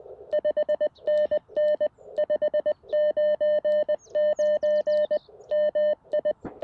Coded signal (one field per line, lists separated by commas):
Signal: Morse code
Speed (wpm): 20 wpm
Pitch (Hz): 600 Hz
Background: none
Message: 5NN 599 MI